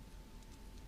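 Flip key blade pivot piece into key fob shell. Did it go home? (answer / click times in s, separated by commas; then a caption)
no / none. While reassembling a flip-key remote, the blade pivot piece is handled and pressed toward the center post in the plastic key fob shell. Only a low, steady background noise with faint handling sounds is heard. Nothing has seated or clicked yet.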